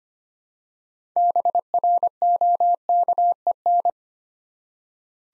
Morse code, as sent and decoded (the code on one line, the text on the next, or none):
-... .-. --- -.- . -.
BROKEN